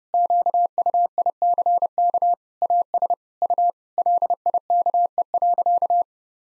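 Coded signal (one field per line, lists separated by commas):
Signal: Morse code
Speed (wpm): 32 wpm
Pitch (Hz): 700 Hz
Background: none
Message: QUICK AS U LIKE.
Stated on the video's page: Morse head-copy drill at 30 wpm of sentences from the top 500 words and abbreviations, each sent twice.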